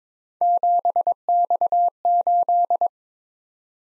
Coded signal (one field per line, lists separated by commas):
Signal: Morse code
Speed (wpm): 26 wpm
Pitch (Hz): 700 Hz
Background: none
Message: 7X8